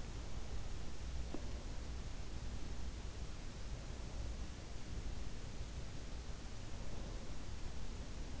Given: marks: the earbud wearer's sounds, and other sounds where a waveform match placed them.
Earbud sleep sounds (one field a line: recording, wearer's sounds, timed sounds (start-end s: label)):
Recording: sounds in sleep by an in-ear microphone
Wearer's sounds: breath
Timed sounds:
1.28-2.78 s: breath
3.79-5.29 s: breath
6.91-7.66 s: breath